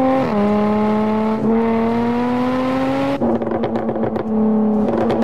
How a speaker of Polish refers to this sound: dźwięk tego samochodu jest po prostu obłędny. To rozkosz dla uszu. Mogłem całe popołudnie jeździć 40 na godzinę i słuchać strzałów z rury wydechowej przy przegazowaniach. Cudo.